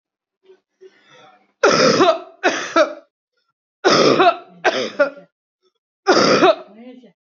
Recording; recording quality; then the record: heavy voluntary cough; excellent, no background noise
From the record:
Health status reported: healthy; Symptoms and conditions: none ticked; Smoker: not ticked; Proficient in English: yes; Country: India